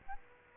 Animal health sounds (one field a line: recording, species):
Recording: mosquito wingbeat signal from an infrared sensor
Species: Aedes aegypti